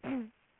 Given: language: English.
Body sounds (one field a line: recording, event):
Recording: throat vibration sensor signal played as sound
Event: throat clearing